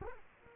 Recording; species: mosquito wingbeat signal from an infrared sensor; Culex quinquefasciatus